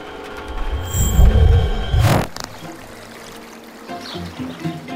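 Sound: river water flowing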